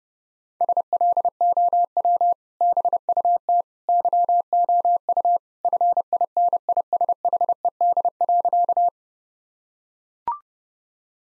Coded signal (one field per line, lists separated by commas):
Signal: Morse code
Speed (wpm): 29 wpm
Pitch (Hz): 700 Hz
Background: none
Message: SLOW BUT YOU FINISHED.